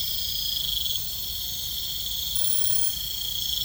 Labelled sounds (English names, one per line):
none